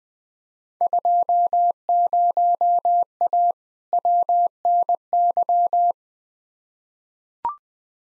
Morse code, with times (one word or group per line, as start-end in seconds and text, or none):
0.8-3.5 20A
3.9-5.9 WNY